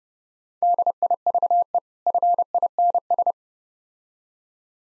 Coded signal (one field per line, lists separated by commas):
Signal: Morse code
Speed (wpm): 34 wpm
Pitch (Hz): 700 Hz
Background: none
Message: DIVE FINS